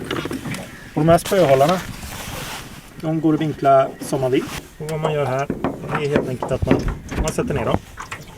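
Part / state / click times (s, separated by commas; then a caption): rod holder in its boat-mounted swivel base / partly seated / 8.1 s. Someone talks while a swivel rod holder in its boat-mounted base on a rental boat is pushed down one notch, the first of two clicks, which frees it so it can be angled. The click is heard at 8.1 s, after the speech.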